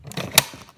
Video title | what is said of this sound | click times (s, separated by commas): Nerf Lanzador Totalmente motorizado Ultra Select, Lanza de Dos Formas, HACE UN RUIDO 🤔 COMO SI LE F | hasta que haga un clic. ¿Ves? | 0.4 s